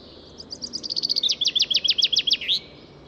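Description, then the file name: Common chaffinch delivering a single song: thin opening notes, then a loud descending trill of evenly spaced syllables, ending in a quick upturned flourish. "Fringilla coelebs"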